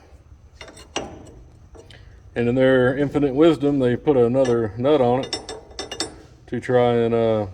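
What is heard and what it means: A ratchet turns the stripped pinch bolt in the pitman arm on the steering gear shaft of a Peterbilt 379, which has been double-nutted because its thread is stripped. Ratchet and pawl clicks sound at 0.6, 0.8, 1.0, 1.8 and 1.9 seconds, then someone talks, with a few more metallic clicks near 5.8 to 6.0 seconds. The bolt is stripped and won't tighten any further.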